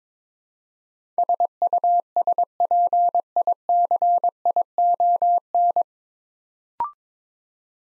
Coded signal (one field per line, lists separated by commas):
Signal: Morse code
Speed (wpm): 23 wpm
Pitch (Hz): 700 Hz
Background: none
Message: SUSPICION